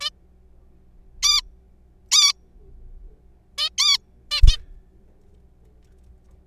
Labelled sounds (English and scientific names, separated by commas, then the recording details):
Zebra Finch (Taeniopygia guttata)
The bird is a juvenile
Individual R3428